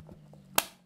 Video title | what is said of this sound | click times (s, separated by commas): #01 - Présentation : Unboxing fixation GPS Smartphone GIVI S953 + Kit (S951KIT2) | en fait c'est bien ce simplement se clipser voilà | 0.6 s